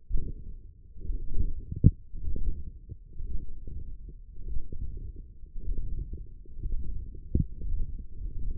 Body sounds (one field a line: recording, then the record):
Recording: forearm muscle sounds (acoustic myography)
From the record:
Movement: hand closing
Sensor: system 1, eight BSWA MPA416 microphones around the upper forearm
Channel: 3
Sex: male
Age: 23 years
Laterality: right